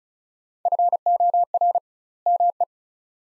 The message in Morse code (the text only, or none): FOR ME